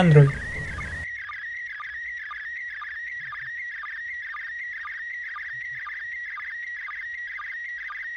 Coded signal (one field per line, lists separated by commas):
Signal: SSTV (slow-scan television)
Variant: PD 120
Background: speech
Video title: Támesis - Antioquia señal Estación Espacial Internacional SSTV